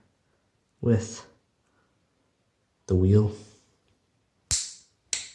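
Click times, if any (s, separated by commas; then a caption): 5.1 s. Someone talks while a metal spark wheel is pressed back into the fork of a stripped disposable Bic lighter body, its plastic/metal frame. A sharp click sounds at 4.5 s, then a loud snap at 5.1 s as the wheel pops in and seats.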